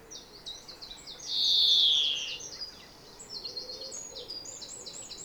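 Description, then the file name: European greenfinch with a drawn-out nasal wheeze early on, then a rapid, jangling series of high twittering notes to the end. "Chloris chloris"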